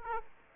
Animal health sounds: mosquito wingbeat signal from an infrared sensor; Aedes aegypti

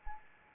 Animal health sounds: mosquito wingbeat signal from an infrared sensor; Anopheles arabiensis

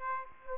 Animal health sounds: mosquito wingbeat signal from an infrared sensor; Aedes aegypti

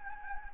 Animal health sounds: mosquito wingbeat signal from an infrared sensor; Anopheles gambiae

